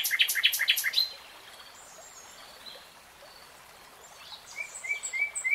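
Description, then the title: Nightingale song opens with a rapid stuttering trill, followed by quiet phrases and then a run of thin, high whistled notes. Nightingale singing in real time. "[Tiếng chim hót] 3 Hours REALTIME Nightingale Singing"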